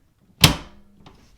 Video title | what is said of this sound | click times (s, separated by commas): HP Deskjet Plus 4100 & 4100e : How to Install & Replace Ink Cartridges | put it behind and push it with your thumb until you hear a click | 0.4 s